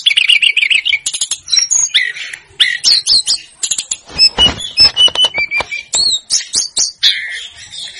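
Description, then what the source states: Snowy-browed flycatcher singing a long, varied run of high whistles, chattering clicks and short slurred notes, steady and energetic throughout. Masteran for training cage birds; Indonesian names tledekan gunung and sikatan gunung.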